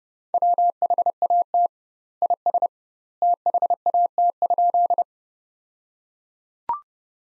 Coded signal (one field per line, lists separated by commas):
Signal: Morse code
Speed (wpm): 32 wpm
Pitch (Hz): 700 Hz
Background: none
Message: WHAT IS THAT?